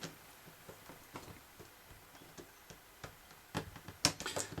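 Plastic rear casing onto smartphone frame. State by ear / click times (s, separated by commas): seated / 4.0 s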